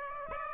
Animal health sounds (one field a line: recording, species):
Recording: mosquito wingbeat signal from an infrared sensor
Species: Aedes aegypti